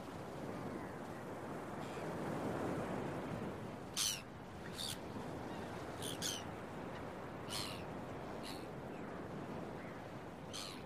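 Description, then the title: Gull calls, a series of faint harsh squawks in the second half, over louder rolling surf. Gulls early in the morning at the beach, with waves. "Early Morning Seagulls and Beach Waves"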